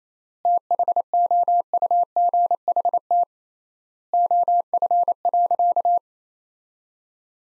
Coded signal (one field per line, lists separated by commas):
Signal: Morse code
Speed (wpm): 28 wpm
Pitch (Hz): 700 Hz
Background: none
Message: THOUGHT OF.